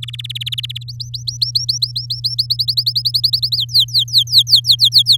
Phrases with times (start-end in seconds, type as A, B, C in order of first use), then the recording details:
0.02-0.83 A, 0.88-2.35 B, 2.38-3.56 C, 3.57-5.17 D. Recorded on 7 May 2018 at 14:06. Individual llb16